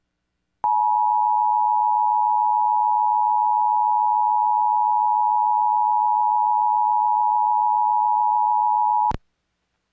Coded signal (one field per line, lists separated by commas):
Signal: Emergency Alert System (SAME) tones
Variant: 853 and 960 Hz attention tone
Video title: [EAS #2586] Santa Barbara County IPAWSCAP Weekly Test via KSBQ w/WS4000 Simulator